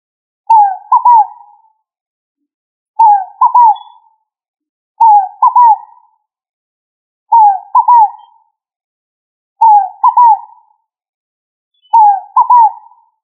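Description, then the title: Pigeon call, a soft low coo phrase repeated six times, every two seconds or so, in otherwise quiet surroundings. "Familia Columbidae Pomba"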